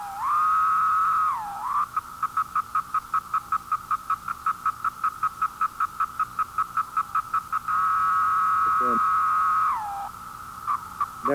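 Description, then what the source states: 17-year periodical cicada courtship song: a sustained buzzy drone that drops in pitch at its end, then a long series of evenly spaced short buzzes, another drone ending in a pitch drop, and a few short buzzes. Courting sequence given when the female is right up next to the male.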